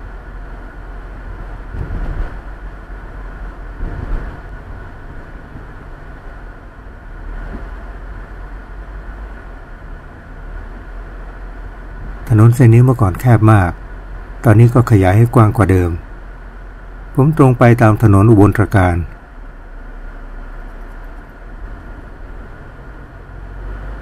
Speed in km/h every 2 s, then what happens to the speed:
28, 26, 25, 25, 23, 25, 24, 22, 19, 13, 11, 13.
0-13 steady at about 25. 13-18 slows to 13. 18-24 steady at about 13.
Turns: none.